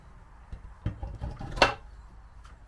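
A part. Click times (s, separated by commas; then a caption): 1.6 s. A button is pressed on a two-part metal quick-release bracket for a van table leg, and the halves slide apart with a few soft knocks and scrapes. A sharp metallic clack at 1.6 s marks the parts separating, then it goes quiet. The bracket is released.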